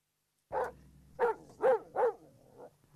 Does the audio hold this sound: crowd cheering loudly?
no